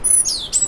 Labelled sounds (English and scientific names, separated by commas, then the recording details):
Stitchbird (Notiomystis cincta) song
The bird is a male
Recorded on Tiritiri Matangi Island, New Zealand, in 2005
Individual 1, of nest box 1